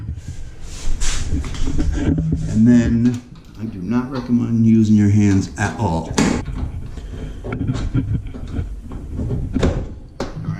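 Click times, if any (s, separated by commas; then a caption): none. Someone talks while a Frigidaire oven door is handled on its hinge arms, fully opened, to fit the hinges into the oven frame sockets, with a few brief knocks near the end. Nothing has seated or clicked into place yet.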